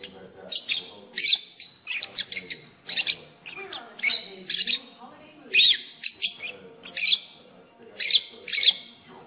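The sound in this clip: Lovebird chattering with harsh chirps and squeaks in irregular bursts.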